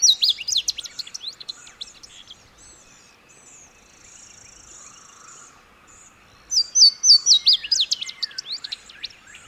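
Bird song with bright, rapid high chirps and twittering at the start, a quieter stretch, then a burst of repeated sharp whistled notes and busy twitter at the end.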